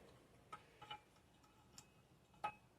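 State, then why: Seated. A new, oiled valve stem seal on a BMW X1 N20 engine is tapped down onto the cylinder head valve guide with a 17 mm socket. Sharp taps land at 0.5, 0.8, 0.9, 1.8 and 2.5 seconds, and the last is the loudest. The seal seats fully and is confirmed in place.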